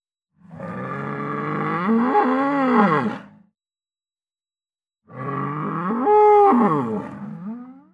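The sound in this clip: Bull bellowing twice, each deep call lasting about three seconds, with a pause between.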